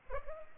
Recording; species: mosquito wingbeat signal from an infrared sensor; Culex pipiens